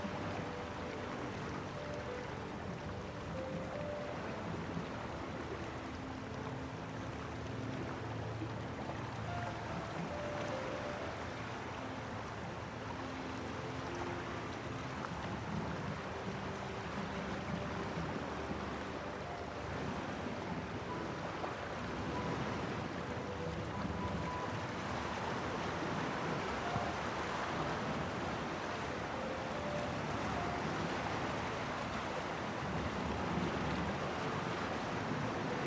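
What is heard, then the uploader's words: Waves wash steadily against a coastal shore in a dense, unbroken roar, with soft piano notes drifting faintly through the surf throughout. Costal cliff waves sounds and calming piano melodies. The soothing sounds of waves caressing the shore.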